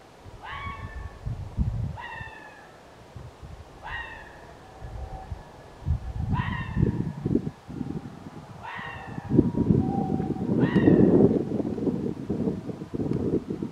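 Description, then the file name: Red fox giving a series of hoarse, downward-sliding barks, with continuous low rumbling noise underneath. Recorded 29 January 2024. "20240129 kitsune"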